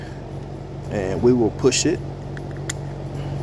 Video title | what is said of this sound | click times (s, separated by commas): 350 Legend AR budget build | and it's locked into place | 2.7 s